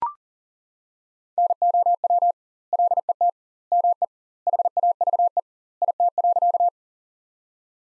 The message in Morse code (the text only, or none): NOW LET ME HAVE IT.